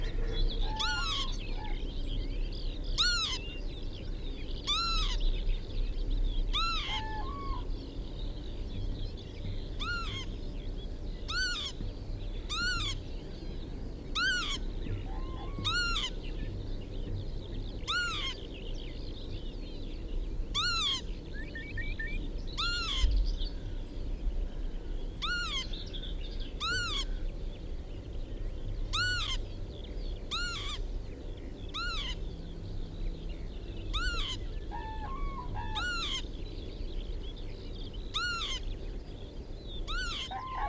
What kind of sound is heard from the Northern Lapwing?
call